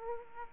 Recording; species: mosquito wingbeat signal from an infrared sensor; Aedes aegypti